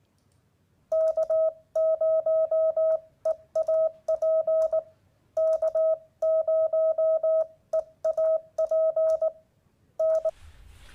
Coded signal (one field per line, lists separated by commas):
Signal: Morse code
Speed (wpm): 19 wpm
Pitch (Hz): 640 Hz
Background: none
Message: K0EAP K0EAP N